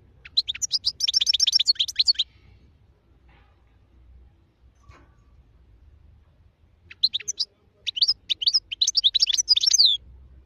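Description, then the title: European goldfinch song in two bursts of rapid, liquid twittering notes, the first lasting about two seconds, the second about three, with quiet gap between. Wild bird. "اجمل غناءالحسون الخلويchant chardonneret sauvage"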